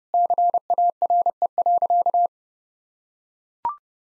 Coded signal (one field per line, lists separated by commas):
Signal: Morse code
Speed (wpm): 30 wpm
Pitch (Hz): 700 Hz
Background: none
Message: CARE.